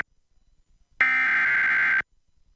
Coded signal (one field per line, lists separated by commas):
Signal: Emergency Alert System (SAME) tones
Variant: header bursts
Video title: KELO (CBS, Sioux Falls, SD) Severe Weather Coverage (Sat. 8/28/2021 - 4:35-5:55 P.M.) (w/EAS Alerts)